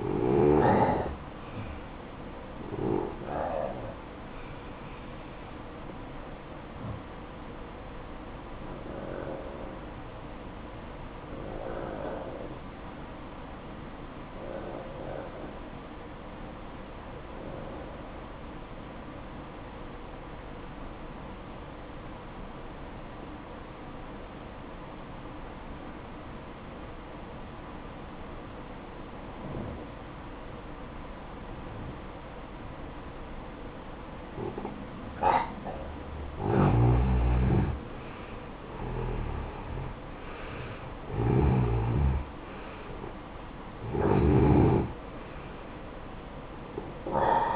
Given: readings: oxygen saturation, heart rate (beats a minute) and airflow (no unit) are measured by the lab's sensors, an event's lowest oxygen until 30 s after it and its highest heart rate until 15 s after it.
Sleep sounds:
breathing in sleep by a voice recorder at the bedside; 1
5.00-47.56 s: new sleep stage, N1 (lightest sleep)
10.00-31.10 s: obstructive apnea (N1, oxygen 94% highest, then 87% lowest, heart rate 54 at the start, 70 highest)
From the record:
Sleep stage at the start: N2 (light sleep); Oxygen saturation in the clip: 86 to 94%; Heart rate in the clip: 54 to 70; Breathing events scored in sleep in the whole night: 573 in 9.8 hours asleep

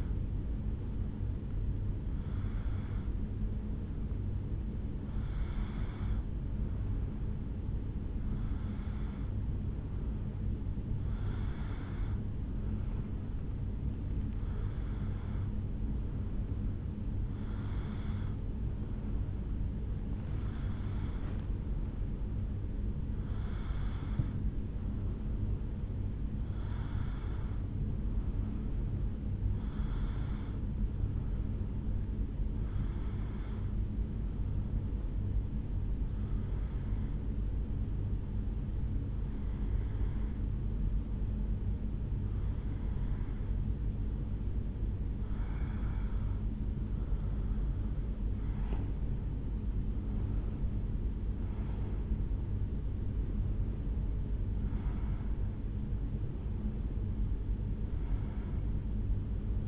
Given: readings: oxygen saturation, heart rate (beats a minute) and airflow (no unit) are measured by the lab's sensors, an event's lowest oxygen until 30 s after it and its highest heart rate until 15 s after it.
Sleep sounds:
breathing in sleep by a smartphone at the bedside; 1
30.00-49.10 s: hypopnea (N1, oxygen 92% highest, then 91% lowest, heart rate 73 at the start, 75 highest)
From the record:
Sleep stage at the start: N1 (lightest sleep); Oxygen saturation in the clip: 91 to 92%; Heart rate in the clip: 71 to 75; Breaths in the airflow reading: 19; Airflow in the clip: -3.6 to 5.6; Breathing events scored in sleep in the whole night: 449 in 7.0 hours asleep

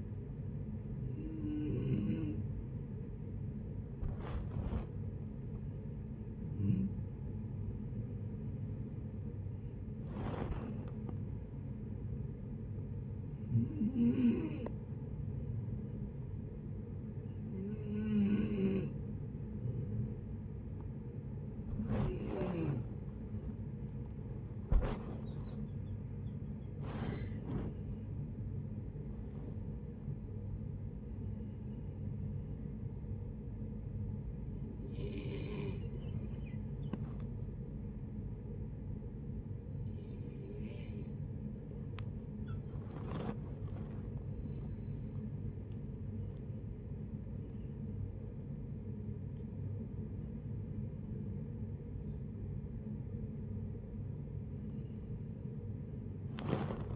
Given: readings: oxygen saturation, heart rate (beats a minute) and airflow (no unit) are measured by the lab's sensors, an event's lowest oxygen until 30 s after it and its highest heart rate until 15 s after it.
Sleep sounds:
a person awake in a sleep study, by a smartphone at the bedside; none
0.00-56.96 s: awake
0.00-56.96 s: awake
From the record:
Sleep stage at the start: awake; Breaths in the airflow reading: 18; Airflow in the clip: -0.7 to 0.8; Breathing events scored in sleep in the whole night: 496 in 5.4 hours asleep

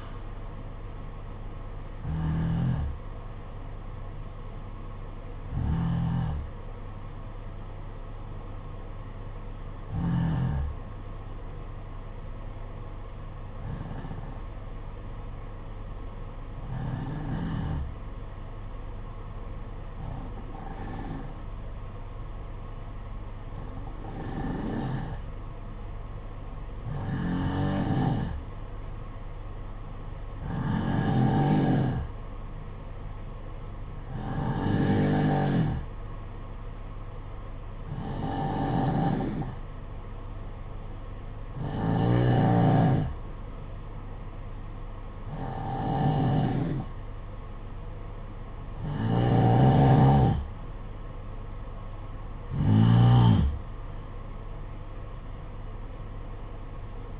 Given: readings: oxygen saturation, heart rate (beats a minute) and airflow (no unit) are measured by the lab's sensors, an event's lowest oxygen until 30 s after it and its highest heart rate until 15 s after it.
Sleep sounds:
breathing in sleep by a smartphone at the bedside; 1
3.00-52.70 s: hypopnea (N2, oxygen 95% highest, then 90% lowest, heart rate 52 at the start, 64 highest)
55.00-57.20 s: new sleep stage, N1 (lightest sleep)
From the record:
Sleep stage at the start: N2 (light sleep); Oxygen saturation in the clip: 87 to 95%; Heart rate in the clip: 52 to 61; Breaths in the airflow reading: 16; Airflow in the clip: -8.8 to 6.4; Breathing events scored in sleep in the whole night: 476 in 9.7 hours asleep

